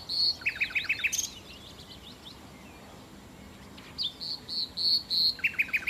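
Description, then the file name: Common nightingale singing short repeated note series, a brief buzzy burst, then a pause before loud repeated piping whistles and another quick note run. "Nachtigall"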